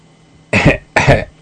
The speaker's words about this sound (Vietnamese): Lão Đổng làm bộ ho khan 2 tiếng, cắt đứt luồng suy nghĩ của hai người.